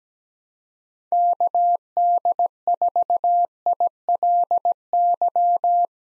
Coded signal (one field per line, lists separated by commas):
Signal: Morse code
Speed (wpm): 17 wpm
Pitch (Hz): 700 Hz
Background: none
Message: KD4ILY